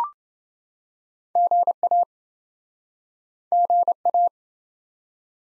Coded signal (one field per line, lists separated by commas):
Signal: Morse code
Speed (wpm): 26 wpm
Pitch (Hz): 700 Hz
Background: none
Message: GA GA